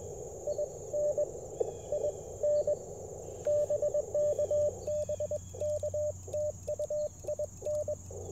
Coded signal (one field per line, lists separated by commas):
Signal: Morse code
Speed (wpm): 21 wpm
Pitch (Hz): 590 Hz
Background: radio noise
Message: IN IN BK BK TU IN